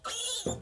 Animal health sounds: pig call; piglet (1 to 25 days)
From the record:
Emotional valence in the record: negative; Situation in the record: restrain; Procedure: back test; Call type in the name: high-frequency call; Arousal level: maximum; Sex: male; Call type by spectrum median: high-frequency call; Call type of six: mixed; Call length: 0.63 s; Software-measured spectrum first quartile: 1607 Hz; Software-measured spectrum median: 3736 Hz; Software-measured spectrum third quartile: 7735 Hz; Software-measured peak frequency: 493 Hz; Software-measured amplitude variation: 159 dB a second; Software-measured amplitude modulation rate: 24.0 a second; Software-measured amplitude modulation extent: 6.6 dB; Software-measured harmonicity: 5.4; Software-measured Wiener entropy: -2.69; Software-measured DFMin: 1201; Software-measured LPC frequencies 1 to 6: 502, 1362, 2942, 3434, 3935, 6637 Hz

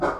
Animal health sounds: pig call; growing-finishing pig (85 days or more)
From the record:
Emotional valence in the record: positive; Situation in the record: run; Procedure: transit

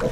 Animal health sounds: pig call; piglet (1 to 25 days)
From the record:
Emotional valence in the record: positive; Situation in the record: reunion after long isolation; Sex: female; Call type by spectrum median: low-frequency call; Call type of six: low-frequency tonal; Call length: 0.12 s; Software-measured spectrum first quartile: 200 Hz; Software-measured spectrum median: 467 Hz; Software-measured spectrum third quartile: 712 Hz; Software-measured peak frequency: 494 Hz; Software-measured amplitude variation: 98 dB a second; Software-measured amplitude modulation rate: 8.4 a second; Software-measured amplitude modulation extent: 11.6 dB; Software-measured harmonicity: 2.7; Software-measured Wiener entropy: -0.77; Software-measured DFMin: 389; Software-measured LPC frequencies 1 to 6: 518, 1369, 2384, 3226, 3909, 4740 Hz

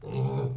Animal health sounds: pig call; weaner (32 to 43 days)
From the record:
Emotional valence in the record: negative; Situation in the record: long isolation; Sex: female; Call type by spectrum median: low-frequency call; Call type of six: low-frequency stable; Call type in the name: low-frequency stable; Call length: 0.57 s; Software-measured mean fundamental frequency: 63 Hz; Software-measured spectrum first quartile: 131 Hz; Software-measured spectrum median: 224 Hz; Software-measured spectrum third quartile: 563 Hz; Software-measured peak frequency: 133 Hz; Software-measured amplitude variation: 121 dB a second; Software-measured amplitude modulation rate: 15.8 a second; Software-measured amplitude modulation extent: 7.7 dB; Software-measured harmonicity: -1.0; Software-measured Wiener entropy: -0.71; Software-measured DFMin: 1054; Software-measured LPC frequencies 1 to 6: 2521, 3989, 4552, 5572, 7198, 8073 Hz

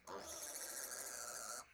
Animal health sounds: pig call; piglet (1 to 25 days)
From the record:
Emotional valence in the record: negative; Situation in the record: restrain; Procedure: back test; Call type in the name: high-frequency call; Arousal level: maximum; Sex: female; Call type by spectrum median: high-frequency call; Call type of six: high-frequency stable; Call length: 1.75 s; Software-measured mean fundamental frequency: 315 Hz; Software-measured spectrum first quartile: 1752 Hz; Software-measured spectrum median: 5685 Hz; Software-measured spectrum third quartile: 8319 Hz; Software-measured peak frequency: 1350 Hz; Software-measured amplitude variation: 114 dB a second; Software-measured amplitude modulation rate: 22.3 a second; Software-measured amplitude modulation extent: 5.1 dB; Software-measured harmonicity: -0.6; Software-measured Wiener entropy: -1.67

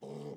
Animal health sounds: pig call; piglet (1 to 25 days)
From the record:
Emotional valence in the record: negative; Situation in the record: restrain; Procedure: in the arms of a person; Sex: male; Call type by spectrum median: low-frequency call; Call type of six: low-frequency stable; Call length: 0.36 s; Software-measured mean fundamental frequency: 66 Hz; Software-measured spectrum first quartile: 206 Hz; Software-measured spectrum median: 387 Hz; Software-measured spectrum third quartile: 551 Hz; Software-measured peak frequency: 449 Hz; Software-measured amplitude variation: 103 dB a second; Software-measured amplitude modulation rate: 23.3 a second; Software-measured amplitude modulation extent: 4.4 dB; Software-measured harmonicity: 0.7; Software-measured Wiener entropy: 0.20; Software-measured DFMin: 1101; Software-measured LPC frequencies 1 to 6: 431, 2110, 3042, 3749, 4861, 6144 Hz

